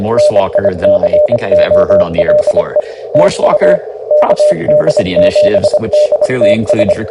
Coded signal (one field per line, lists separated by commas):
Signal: Morse code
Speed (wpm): 24 wpm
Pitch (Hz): 600 Hz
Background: speech, radio noise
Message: NICOLE TU KD7DTS